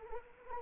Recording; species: mosquito wingbeat signal from an infrared sensor; Anopheles arabiensis